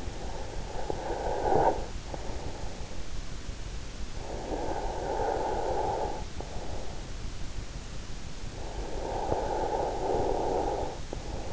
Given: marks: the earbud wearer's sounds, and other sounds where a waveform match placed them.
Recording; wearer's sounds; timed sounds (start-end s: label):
sounds in sleep by an in-ear microphone; snoring breath
0.00-2.70 s: snoring breath
4.21-6.96 s: snoring breath
8.72-11.53 s: snoring breath